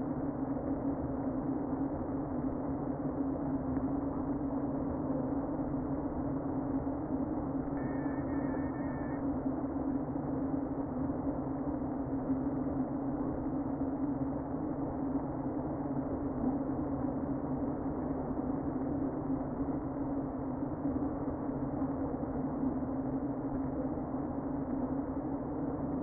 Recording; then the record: honeybee colony, microphone inside the hive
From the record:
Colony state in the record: queen present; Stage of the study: before two queens were removed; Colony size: about 60,000 bees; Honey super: yes